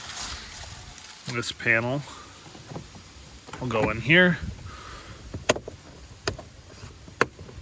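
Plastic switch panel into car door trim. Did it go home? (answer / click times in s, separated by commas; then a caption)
yes / 5.5 s, 6.3 s, 7.2 s. Someone talks while a plastic door lock and window switch panel is pressed into its opening in the door trim of a 2013 Honda Fit, during a fix for doors that keep locking on their own. Its clips give sharp snaps at 5.5, 6.3 and 7.2 seconds, and the panel is seated in place.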